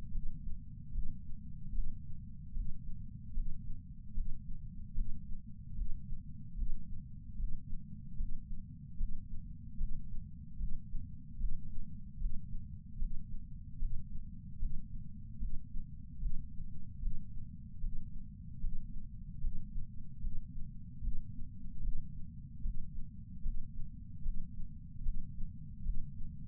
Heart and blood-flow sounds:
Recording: heart sounds by patch sensor on the chest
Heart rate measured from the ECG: 75 bpm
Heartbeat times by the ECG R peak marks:
0.10 s: heartbeat
0.91 s: heartbeat
1.71 s: heartbeat
2.52 s: heartbeat
3.32 s: heartbeat
4.13 s: heartbeat
4.93 s: heartbeat
5.74 s: heartbeat
6.54 s: heartbeat
7.35 s: heartbeat
8.16 s: heartbeat
8.96 s: heartbeat
9.76 s: heartbeat
10.56 s: heartbeat
11.37 s: heartbeat
12.17 s: heartbeat
12.97 s: heartbeat
13.78 s: heartbeat
14.58 s: heartbeat
15.38 s: heartbeat
16.18 s: heartbeat
16.98 s: heartbeat
17.79 s: heartbeat
18.59 s: heartbeat
19.40 s: heartbeat
20.20 s: heartbeat
21.00 s: heartbeat
21.80 s: heartbeat
22.61 s: heartbeat
23.41 s: heartbeat
24.21 s: heartbeat
25.01 s: heartbeat
25.82 s: heartbeat
From the record:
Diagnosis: coronary artery disease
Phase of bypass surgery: intraoperative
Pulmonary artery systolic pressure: 16 mmHg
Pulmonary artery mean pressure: 11 mmHg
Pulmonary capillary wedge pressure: 10 mmHg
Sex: female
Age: 58 years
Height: 155 cm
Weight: 55 kg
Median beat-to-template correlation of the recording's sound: 0.75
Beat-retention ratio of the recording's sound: 0.98

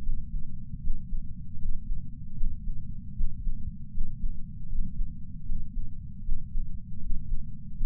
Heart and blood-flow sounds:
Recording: heart sounds by patch sensor on the chest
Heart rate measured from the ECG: 78 bpm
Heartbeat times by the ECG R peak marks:
0.03 s: heartbeat
0.81 s: heartbeat
1.59 s: heartbeat
2.37 s: heartbeat
3.15 s: heartbeat
3.92 s: heartbeat
4.69 s: heartbeat
5.46 s: heartbeat
6.23 s: heartbeat
7.00 s: heartbeat
7.77 s: heartbeat
From the record:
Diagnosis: coronary artery disease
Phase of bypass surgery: preoperative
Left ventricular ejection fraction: 66.3%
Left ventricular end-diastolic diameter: 44 mm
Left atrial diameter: 34 mm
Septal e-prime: 5.3 cm/s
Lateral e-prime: 9.3 cm/s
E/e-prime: 13.2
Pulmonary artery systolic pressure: 31 mmHg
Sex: male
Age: 76 years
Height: 164 cm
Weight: 75 kg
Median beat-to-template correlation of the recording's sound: 0.83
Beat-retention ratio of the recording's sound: 0.97

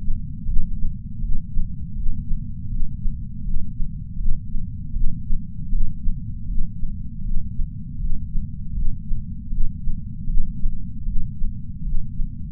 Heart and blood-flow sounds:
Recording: heart sounds by patch sensor on the chest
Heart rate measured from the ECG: 79 bpm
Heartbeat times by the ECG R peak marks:
0.45 s: heartbeat
1.20 s: heartbeat
1.95 s: heartbeat
2.69 s: heartbeat
3.43 s: heartbeat
4.18 s: heartbeat
4.93 s: heartbeat
5.70 s: heartbeat
6.47 s: heartbeat
7.23 s: heartbeat
7.99 s: heartbeat
8.74 s: heartbeat
9.50 s: heartbeat
10.26 s: heartbeat
11.05 s: heartbeat
11.84 s: heartbeat
From the record:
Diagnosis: coronary artery disease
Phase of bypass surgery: intraoperative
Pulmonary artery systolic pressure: 26 mmHg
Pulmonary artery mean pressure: 18 mmHg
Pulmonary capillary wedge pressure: 8 mmHg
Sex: female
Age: 52 years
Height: 163 cm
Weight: 80 kg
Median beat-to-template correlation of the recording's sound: 0.89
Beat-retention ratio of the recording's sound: 0.99

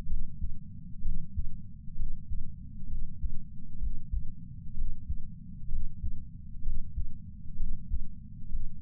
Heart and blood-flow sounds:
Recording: heart sounds by patch sensor on the chest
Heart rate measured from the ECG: 64 bpm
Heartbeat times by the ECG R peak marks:
0.06 s: heartbeat
1.01 s: heartbeat
1.95 s: heartbeat
2.87 s: heartbeat
3.79 s: heartbeat
4.74 s: heartbeat
5.68 s: heartbeat
6.62 s: heartbeat
7.56 s: heartbeat
8.49 s: heartbeat
From the record:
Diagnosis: coronary artery disease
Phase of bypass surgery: intraoperative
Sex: male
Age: 69 years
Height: 165 cm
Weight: 60 kg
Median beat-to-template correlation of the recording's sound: 0.76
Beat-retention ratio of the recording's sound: 0.99

